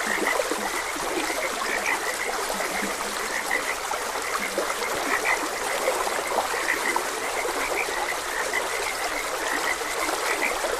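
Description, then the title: Chorus of frogs giving quick, repeated chirps without pause, backed by the continuous rush of flowing water. Frogs croaking beside a gentle stream. "Gentle Stream and Frogs Croaking"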